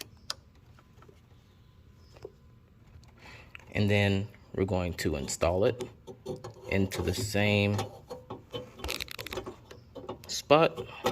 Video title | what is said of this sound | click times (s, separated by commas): Chevy Colorado MODS - 2015 - 2020 Chevrolet Colorado Headlight Replacement | Next, you're just going to want to clip it in. You should hear a click. | 0.3 s